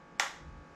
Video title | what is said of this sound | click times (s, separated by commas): DJI Mini 2 Drone Unboxing + First Flight Footage! [4k] | oh no it's like a little click little click that's handy comes a little propeller store | 0.2 s